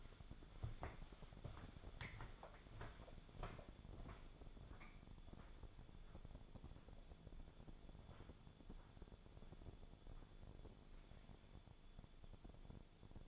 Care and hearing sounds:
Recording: daily activity, microphone in the room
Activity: walk to room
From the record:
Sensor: 5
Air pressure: 1000.0 hPa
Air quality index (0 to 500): 88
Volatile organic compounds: 1 ppm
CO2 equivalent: 725 ppm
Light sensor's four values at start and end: 430/984/439/507 and 378/941/395/444

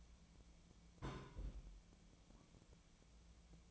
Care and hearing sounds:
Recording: daily activity, microphone in the room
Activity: place on stove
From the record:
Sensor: 1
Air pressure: 1010.0 hPa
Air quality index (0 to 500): 187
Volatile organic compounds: 17 ppm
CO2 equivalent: 2571 ppm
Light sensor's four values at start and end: 38/96/40/49 and 38/96/40/49

